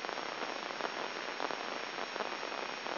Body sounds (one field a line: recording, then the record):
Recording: brain microelectrode recording played as sound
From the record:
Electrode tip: inside the subthalamic nucleus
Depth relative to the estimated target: 0 mm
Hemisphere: left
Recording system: AlphaMap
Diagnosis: Parkinson's disease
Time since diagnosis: 7 years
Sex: male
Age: 59 years